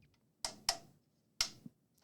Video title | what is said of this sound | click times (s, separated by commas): LINUX COMPUTER BUILD! Ubuntu - i7-13700K - RTX 3060 - OBS - Blackmagic - WHOA! | And snap it in place. | 0.4 s, 0.7 s, 1.4 s